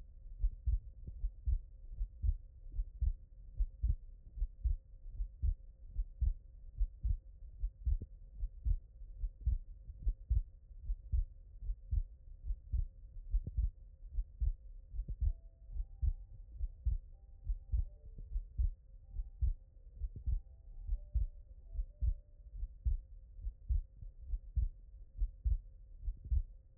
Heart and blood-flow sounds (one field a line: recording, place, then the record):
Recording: heart sounds by stethoscope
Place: mitral valve (MV)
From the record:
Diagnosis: HFrEF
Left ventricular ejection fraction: 39%